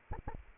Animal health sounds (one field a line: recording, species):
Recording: mosquito wingbeat signal from an infrared sensor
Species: Anopheles arabiensis